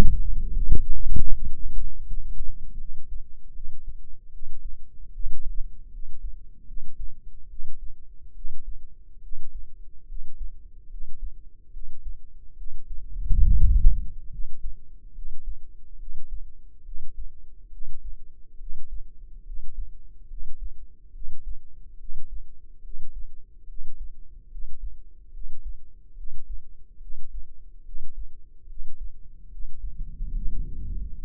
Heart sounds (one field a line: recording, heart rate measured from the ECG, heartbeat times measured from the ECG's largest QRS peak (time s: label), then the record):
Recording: heart sounds by microphone in the left ear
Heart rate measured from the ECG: 72 bpm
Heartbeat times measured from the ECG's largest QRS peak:
0.51 s: heartbeat
1.31 s: heartbeat
2.04 s: heartbeat
2.77 s: heartbeat
3.52 s: heartbeat
4.30 s: heartbeat
5.11 s: heartbeat
5.90 s: heartbeat
6.65 s: heartbeat
7.47 s: heartbeat
8.32 s: heartbeat
9.20 s: heartbeat
10.06 s: heartbeat
10.88 s: heartbeat
11.70 s: heartbeat
12.54 s: heartbeat
13.41 s: heartbeat
14.28 s: heartbeat
15.12 s: heartbeat
15.96 s: heartbeat
16.82 s: heartbeat
17.69 s: heartbeat
18.57 s: heartbeat
19.43 s: heartbeat
20.27 s: heartbeat
21.11 s: heartbeat
21.97 s: heartbeat
22.81 s: heartbeat
23.66 s: heartbeat
24.48 s: heartbeat
25.31 s: heartbeat
26.14 s: heartbeat
26.98 s: heartbeat
27.82 s: heartbeat
28.66 s: heartbeat
29.49 s: heartbeat
30.32 s: heartbeat
31.16 s: heartbeat
From the record:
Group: healthy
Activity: rest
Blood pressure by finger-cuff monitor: 97/64 mmHg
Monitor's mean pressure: 75 mmHg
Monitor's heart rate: 72 bpm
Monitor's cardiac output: 5.4 L/min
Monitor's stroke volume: 75 mL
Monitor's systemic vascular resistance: 990 dyn s/cm5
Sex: female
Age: 22 years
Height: 160 cm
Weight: 45 kg